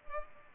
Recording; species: mosquito wingbeat signal from an infrared sensor; Culex pipiens